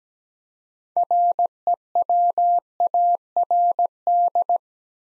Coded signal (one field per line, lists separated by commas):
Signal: Morse code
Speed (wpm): 17 wpm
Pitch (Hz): 700 Hz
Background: none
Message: REWARD